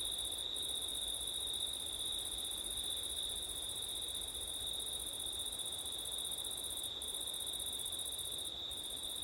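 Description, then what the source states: Crickets singing in a continuous chorus, a steady high trill with a second shimmering band far above, the upper band briefly dropping out a few times. Crickets on a windy September night, ORTF stereo recording.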